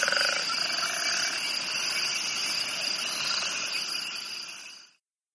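Cricket chorus of continuous high trilling that cuts to silence in the final half second.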